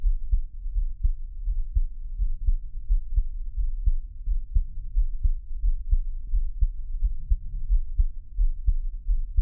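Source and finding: Heart, close up. Heartbeat.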